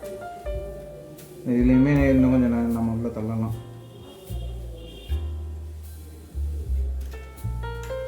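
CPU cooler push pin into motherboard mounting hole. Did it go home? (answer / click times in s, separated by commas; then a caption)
no / none. Plastic push pins of a stock CPU cooler are pressed further into the motherboard mounting holes while someone talks over background music. No click is heard, and nothing has seated or clicked yet.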